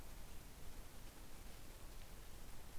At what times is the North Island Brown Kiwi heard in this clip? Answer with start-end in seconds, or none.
none